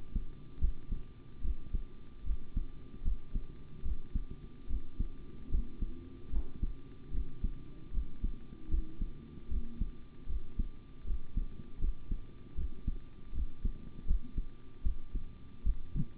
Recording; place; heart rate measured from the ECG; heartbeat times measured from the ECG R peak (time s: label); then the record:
heart sounds by stethoscope; between the tricuspid and mitral areas; 76 bpm
0.59 s: heartbeat
1.42 s: heartbeat
2.24 s: heartbeat
3.03 s: heartbeat
3.83 s: heartbeat
4.68 s: heartbeat
5.50 s: heartbeat
6.30 s: heartbeat
7.12 s: heartbeat
7.92 s: heartbeat
8.69 s: heartbeat
9.49 s: heartbeat
10.27 s: heartbeat
11.05 s: heartbeat
11.79 s: heartbeat
12.55 s: heartbeat
13.33 s: heartbeat
14.06 s: heartbeat
14.83 s: heartbeat
15.64 s: heartbeat
From the record:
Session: rest, sitting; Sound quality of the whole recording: good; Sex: male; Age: 25 years